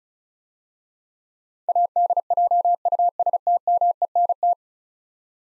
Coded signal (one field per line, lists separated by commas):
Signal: Morse code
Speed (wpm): 34 wpm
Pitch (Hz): 700 Hz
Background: none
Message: ADJUSTMENT